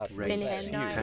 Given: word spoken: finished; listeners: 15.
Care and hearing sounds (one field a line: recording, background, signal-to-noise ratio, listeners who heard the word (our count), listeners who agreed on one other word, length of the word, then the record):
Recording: one English word in noise, from a listening test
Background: four-talker babble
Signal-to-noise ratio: -2.9 dB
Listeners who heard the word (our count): 2 of 15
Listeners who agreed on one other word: 7 of 15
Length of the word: 0.63 s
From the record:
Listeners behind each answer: 7, 2, 2, 1, 1, 1, 1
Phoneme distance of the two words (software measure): 7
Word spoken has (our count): 2 syllables, 6 phonemes, stress on syllable 1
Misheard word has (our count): 2 syllables, 5 phonemes, stress on syllable 1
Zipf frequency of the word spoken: 5.05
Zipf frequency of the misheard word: 5.06